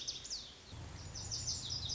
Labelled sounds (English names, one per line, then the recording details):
Lazuli Bunting
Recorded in Sonoma County, California